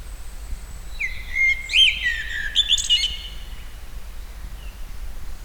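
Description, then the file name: Common blackbird singing one mellow, fluted warble that slides low, then breaks into a brief squeaky high twitter, with a steady low rumble of background noise. "Turdus merula"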